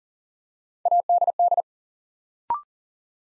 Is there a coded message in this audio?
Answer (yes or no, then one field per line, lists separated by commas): yes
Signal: Morse code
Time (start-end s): 0.9-1.6 s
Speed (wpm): 38 wpm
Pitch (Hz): 700 Hz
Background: none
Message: ADD